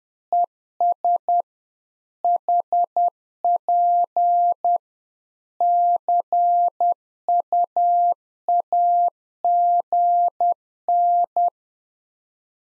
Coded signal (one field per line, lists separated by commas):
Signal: Morse code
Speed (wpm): 10 wpm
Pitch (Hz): 700 Hz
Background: none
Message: ES HP CUAGN